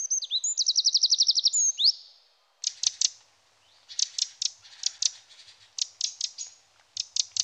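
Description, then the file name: Eurasian wren, a fast high trill of evenly spaced notes lasting about two seconds, then a pause and a string of sharp, clicking ticks in irregular bursts. "Troglodyte mignon"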